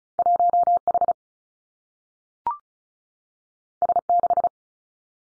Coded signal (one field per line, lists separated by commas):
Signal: Morse code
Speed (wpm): 36 wpm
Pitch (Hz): 700 Hz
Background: none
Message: 1 H S 6